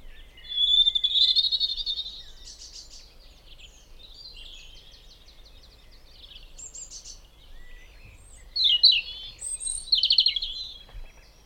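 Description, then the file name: European robin singing thin, high, warbling phrases with fast trills and sweet notes, in bursts near the start and again near the end, with quieter twittering between. "Erithacus rubecula"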